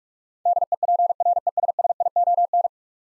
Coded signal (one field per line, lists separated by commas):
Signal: Morse code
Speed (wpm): 42 wpm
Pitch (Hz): 700 Hz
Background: none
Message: DEPRESSION